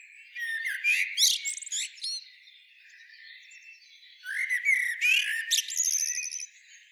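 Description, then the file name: Common blackbird singing two phrases, a fluted lower warble rising into thin squeaky high-pitched twittering, separated by a short pause. "Turdus merula"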